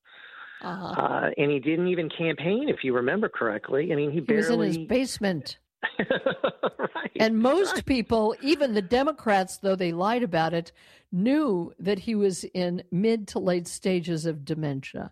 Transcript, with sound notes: and he didn't even campaign, if you remember correctly. I mean, he barely-
He was in his basement.
(laughs) Right.
And most people, even the Democrats, though they lied about it, knew that he was in mid to late stages of dementia.